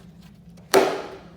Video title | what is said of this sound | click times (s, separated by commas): Cub Cadet ZT2 50 Owner Review - 13 hours in | pops right in, and that's it. | 0.7 s